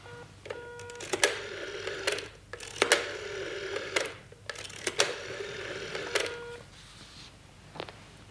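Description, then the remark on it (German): A telephone rings in several bright, buzzing bursts of about a second each, separated by short pauses, with sharp clicks between rings before it falls silent. No one speaks. “Na los, nun klingelt sie schon an.”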